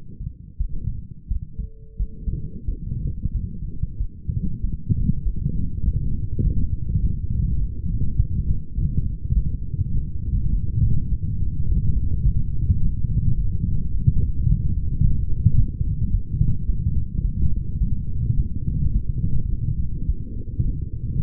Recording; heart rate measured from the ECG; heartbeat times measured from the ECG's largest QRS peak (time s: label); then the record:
heart sounds by stethoscope; 102 bpm
0.58 s: heartbeat
1.28 s: heartbeat
1.97 s: heartbeat
2.66 s: heartbeat
3.32 s: heartbeat
3.98 s: heartbeat
4.61 s: heartbeat
5.23 s: heartbeat
5.84 s: heartbeat
6.43 s: heartbeat
7.01 s: heartbeat
7.59 s: heartbeat
8.18 s: heartbeat
8.76 s: heartbeat
9.34 s: heartbeat
9.92 s: heartbeat
10.51 s: heartbeat
11.10 s: heartbeat
11.68 s: heartbeat
12.24 s: heartbeat
12.81 s: heartbeat
13.37 s: heartbeat
13.92 s: heartbeat
14.48 s: heartbeat
15.03 s: heartbeat
15.57 s: heartbeat
16.12 s: heartbeat
16.67 s: heartbeat
17.23 s: heartbeat
17.79 s: heartbeat
18.37 s: heartbeat
18.94 s: heartbeat
19.50 s: heartbeat
20.07 s: heartbeat
20.64 s: heartbeat
21.21 s: heartbeat
From the record:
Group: healthy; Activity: rest 0-4 s, light exercise 4-21 s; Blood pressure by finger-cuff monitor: 122/77 mmHg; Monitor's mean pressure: 93 mmHg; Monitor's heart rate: 103 bpm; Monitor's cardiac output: 7.7 L/min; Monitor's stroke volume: 74 mL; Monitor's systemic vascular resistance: 900 dyn s/cm5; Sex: female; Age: 37 years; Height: 168 cm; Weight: 70 kg